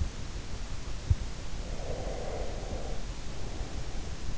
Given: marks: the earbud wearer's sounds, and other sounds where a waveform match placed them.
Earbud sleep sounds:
sounds in sleep by an in-ear microphone; breath
1.52-4.30 s: breath

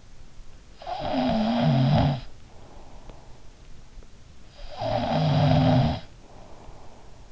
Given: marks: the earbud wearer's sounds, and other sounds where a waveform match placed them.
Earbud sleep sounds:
sounds in sleep by an in-ear microphone; snoring breath
0.57-3.60 s: snoring breath
4.43-7.31 s: snoring breath

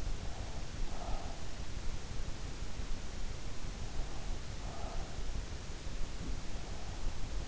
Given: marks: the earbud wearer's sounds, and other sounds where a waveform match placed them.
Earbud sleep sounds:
sounds in sleep by an in-ear microphone; breath
0.75-1.46 s: breath
4.44-5.43 s: breath

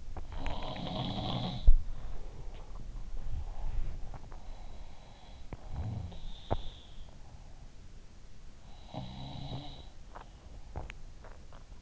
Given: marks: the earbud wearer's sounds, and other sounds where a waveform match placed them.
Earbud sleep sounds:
sounds in sleep by an in-ear microphone; teeth grinding, swallowing
0.00-0.72 s: teeth grinding
0.00-3.02 s: sound from someone else or the room
2.33-2.86 s: teeth grinding
3.19-6.99 s: sound from someone else or the room
5.43-6.74 s: teeth grinding
8.55-11.82 s: sound from someone else or the room
8.93-11.82 s: swallowing

